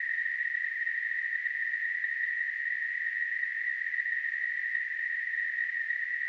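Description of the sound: A simulated tinnitus sound.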